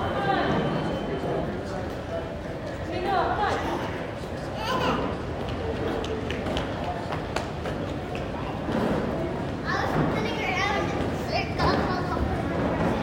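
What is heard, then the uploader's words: Travelers move through an airport terminal amid a steady wash of overlapping voices and chatter. A low, continuous rumble runs underneath, likely rolling luggage wheels, while brief clicks and footstep-like taps break through every few seconds. The level stays fairly even throughout. San Francisco International Airport (SFO). You'll hear the sounds of luggage wheels rolling across the floor, as travelers make their way through the terminal. The buzz of conversations in different languages creates a sense of global connectedness. SFO Hustle Bustle.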